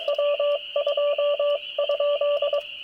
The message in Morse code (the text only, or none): W2?